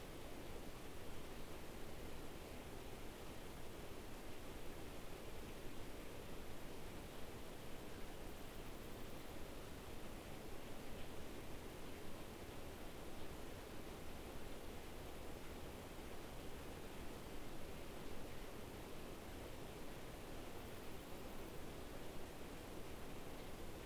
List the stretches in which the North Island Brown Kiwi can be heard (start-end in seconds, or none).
none